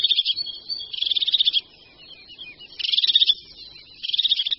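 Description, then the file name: Crested tit calls: several high, buzzy, rattling trilled bursts separated by brief pauses. "Sýkora-parukářka"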